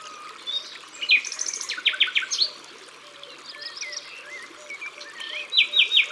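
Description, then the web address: Common nightingale singing varied phrases of quick repeated clicking notes, rising whistles and trills, over a steady low pulsing note. "Rossignol philomele. abc de la nature"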